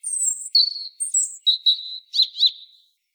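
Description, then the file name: European robin song phrase: a drawn-out very high whistle, then mostly lower sustained notes, ending in two quick flourishes, all within three seconds. "Erithacus rubecula"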